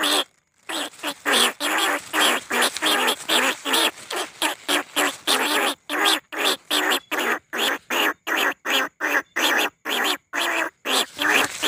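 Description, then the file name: Field rat squeals, rough nasal squeaks repeated rapidly, roughly two to three each second, almost without pause. Lure call recording. "tieng goi chuot dong"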